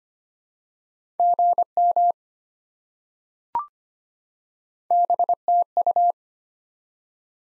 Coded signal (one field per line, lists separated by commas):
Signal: Morse code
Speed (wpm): 25 wpm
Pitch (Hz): 700 Hz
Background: none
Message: GM BTU